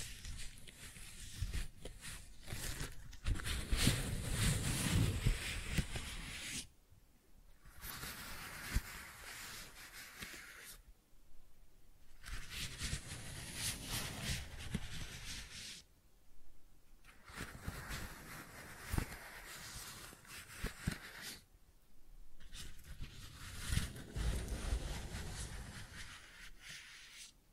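Flower sounds: soft, dense rustling and crinkling, like petals and stems being handled, coming in bursts of about four to five seconds. Each burst is separated by a brief near-silent pause, roughly at 7, 11, 16 and 22 seconds, with occasional low bumps underneath.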